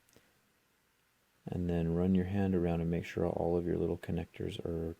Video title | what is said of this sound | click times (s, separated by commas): Galaxy Tab 3 Battery Replacement and Screen Repair. Disassemble and fix. | And then clip the battery connector back in just kind of like a LEGO. | 0.1 s